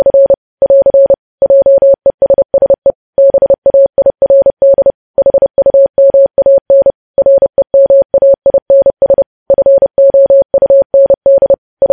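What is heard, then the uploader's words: Morse code as a single steady mid-pitched beep, keyed in quick runs of dots and dashes with short gaps between groups over silence. Morse code.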